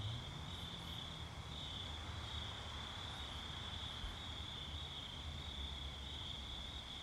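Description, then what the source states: Crickets hold a steady high-pitched trill while a low hum runs underneath. Night ambience with crickets.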